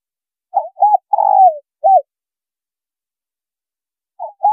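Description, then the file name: Spotted dove delivers one complete four-note coo ending in a short note, then begins the next phrase after a pause of over two seconds. Female bird. "Tieng cu gay mai"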